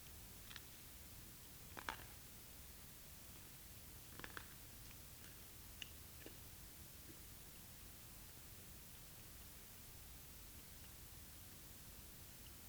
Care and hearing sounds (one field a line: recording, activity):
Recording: daily activity, guitar pickup as the sensor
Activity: eat